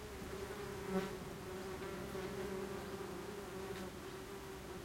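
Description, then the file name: Wasps buzzing, a steady droning hum that holds at one even pitch throughout, with faint low background rumble. Wasps recorded in Radevormwald, Germany. "Radevormwald - Wespen"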